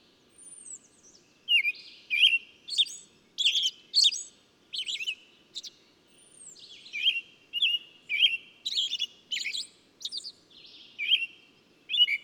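Bird singing lively, rapid chirps and trills after a thin descending whistle, the whistle returning once midway.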